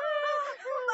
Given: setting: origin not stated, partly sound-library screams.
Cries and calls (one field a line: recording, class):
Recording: one-second piece from a danger detection set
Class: woman in danger